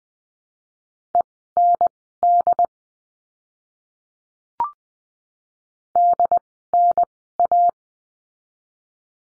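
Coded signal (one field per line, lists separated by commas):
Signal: Morse code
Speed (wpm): 20 wpm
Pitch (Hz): 700 Hz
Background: none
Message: END DNA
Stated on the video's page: Morse lesson drill of words with letter D at Farnsworth speed 20/10 wpm.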